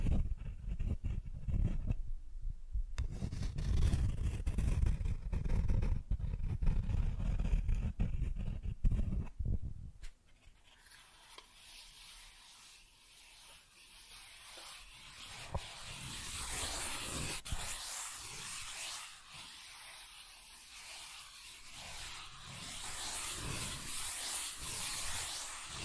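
Cardboard being scratched and rubbed. For the first ten seconds the scraping is loud, rough and heavy, with a deep rumbling grind. It then drops to a quieter, thin, hissing scratch that runs steadily to the end, with small clicks scattered through it.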